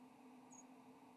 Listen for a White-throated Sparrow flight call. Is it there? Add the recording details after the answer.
no. Another species' flight call is heard. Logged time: 06:29 on 7 November 2014